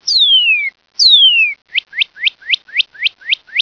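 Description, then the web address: Northern cardinal song: two long, clear whistles slurring downward, then a quick run of short rising notes. "louisville cardinal"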